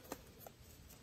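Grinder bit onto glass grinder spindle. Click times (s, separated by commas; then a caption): 0.1 s. A quick-fit grinder bit is slid onto a glass grinder's spindle after its small orange lever is flipped up, with no bolts or allen wrenches. A single sharp click sounds at 0.1 s over a quiet background, followed by a fainter tap near 0.5 s. The bit pops into place and is seated.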